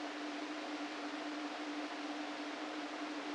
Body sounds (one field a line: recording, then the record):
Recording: brain microelectrode recording played as sound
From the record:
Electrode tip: inside the subthalamic nucleus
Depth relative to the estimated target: -2 mm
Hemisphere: right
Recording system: NeuroSet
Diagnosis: Parkinson's disease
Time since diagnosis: 13 years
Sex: male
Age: 49 years